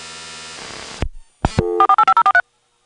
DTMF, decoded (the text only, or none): 485043